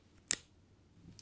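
A hook tool is inserted into the groove on the head of a plastic retail ink security tag, working the pin-locking clutch inside. A sharp click is heard at 0.3 s as the latch disengages and the tag is released, followed by a faint tick near 1.2 s. There is no talking in the clip.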